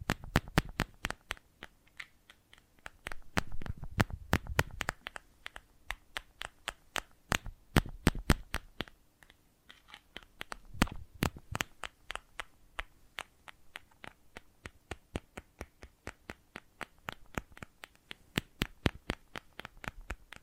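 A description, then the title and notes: Quiet ASMR triggers with no talking: crisp, sharp taps and clicks arrive several times a second in uneven runs throughout. Soft handling and rustling swells underneath around 3–5, 8 and 11 seconds, over a faint steady low hum. ASMR for People Who Like Sensitive Triggers (No Talking).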